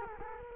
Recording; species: mosquito wingbeat signal from an infrared sensor; Culex quinquefasciatus